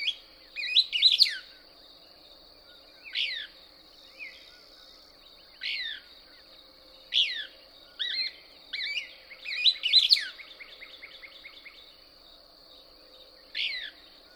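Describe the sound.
Couch's Kingbird: bright downslurred notes alternating with fast stuttered twitter series, with a steady high hum underneath.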